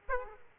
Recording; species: mosquito wingbeat signal from an infrared sensor; Aedes aegypti